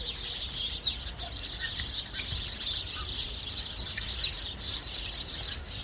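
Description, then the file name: Chattering sparrow chirps from several birds, rapid overlapping notes running without pause over a soft low hum. "spatzen"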